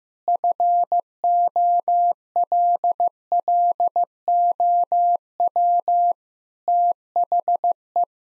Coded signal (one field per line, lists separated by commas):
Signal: Morse code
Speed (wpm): 15 wpm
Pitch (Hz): 700 Hz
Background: none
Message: FOLLOW THE